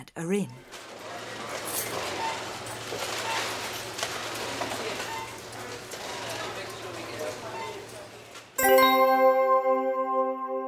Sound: fx: supermarket